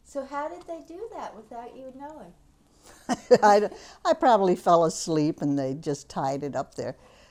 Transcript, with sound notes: So how did they do that without you knowing?
( she laughs ) I probably fell asleep and they just tied it up there.